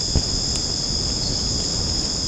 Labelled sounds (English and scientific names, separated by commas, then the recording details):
none
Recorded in secondary vegetation near Puerto Asís, Putumayo, Colombia, on 19 March 2025 at 22:30
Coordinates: 0.481, -76.318
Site G097